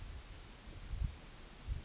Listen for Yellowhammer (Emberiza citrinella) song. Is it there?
no